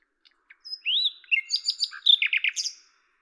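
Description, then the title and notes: Common nightingale song: faint clicks, a rising whistled note, then a quick jumble of sharp repeated chirps. Recorded at Lavours, France, on 10 May 1998 with a Tascam DAP-1 and Télingua microphone; edited in Samplitude 5.1. "D83, 01350 Lavours, France - rossignol à LAVOURS. 10/05/1998"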